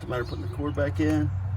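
A wiring harness connector is being handled to go back onto a replacement MSD ignition coil on a 2015–2020 Ford F150 truck engine. Someone talks over a steady low hum. Nothing has seated or clicked yet.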